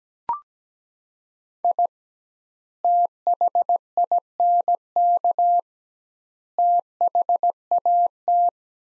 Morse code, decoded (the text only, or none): I THINK THAT